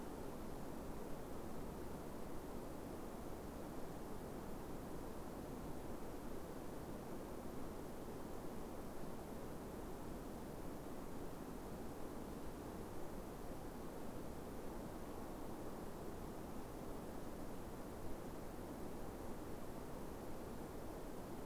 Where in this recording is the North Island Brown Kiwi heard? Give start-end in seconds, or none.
none